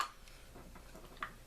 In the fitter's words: and it locks in place okay